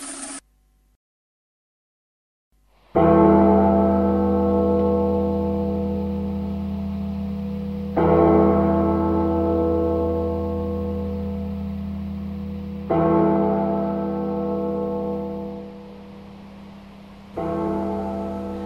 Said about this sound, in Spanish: Estoy hablando de la terraza de la radio. Las campanas que se están escuchando atrás están llamando a la evacuación de la ciudad. Eso es por la inminente llegada de los extraterrestres.